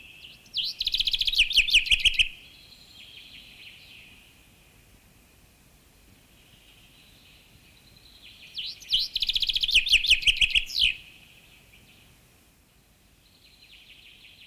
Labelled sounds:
Common Chaffinch song

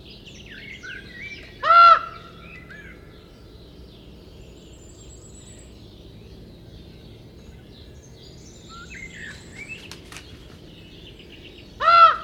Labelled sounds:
Common Raven call

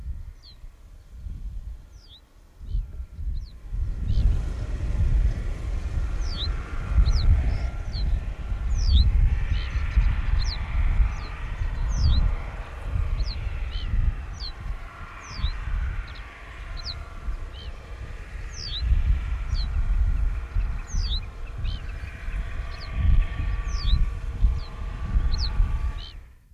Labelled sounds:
Reed Bunting song

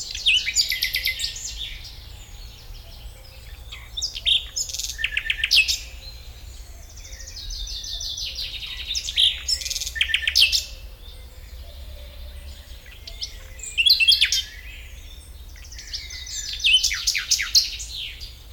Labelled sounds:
Common Nightingale

